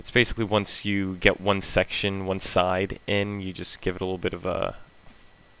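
An electrical component is handled for fitting into a display unit mounting, with one side being set in while someone talks throughout. Nothing has seated or clicked yet.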